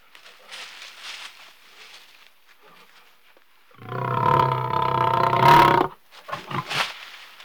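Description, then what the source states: Lion growl, quiet at first, then one loud, rough, throbbing growl lasting about two seconds, followed by a few short grunting sounds. Lion growling while pacing.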